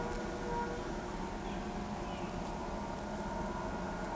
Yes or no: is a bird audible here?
no